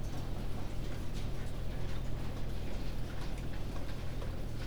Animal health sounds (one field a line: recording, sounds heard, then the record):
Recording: poultry house recording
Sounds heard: no chicken sound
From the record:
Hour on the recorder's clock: 19